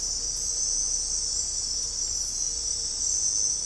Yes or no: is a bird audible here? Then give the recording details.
no. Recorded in dense forest near Puerto Asís, Putumayo, Colombia, on 16 December 2024 at 01:00. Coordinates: 0.499, -76.324. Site G045